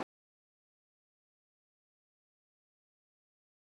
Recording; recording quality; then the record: sustained vowel as in boot; poor, much background noise or distortion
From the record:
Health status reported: healthy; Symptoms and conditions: none ticked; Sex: male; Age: 41 years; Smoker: yes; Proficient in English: yes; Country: India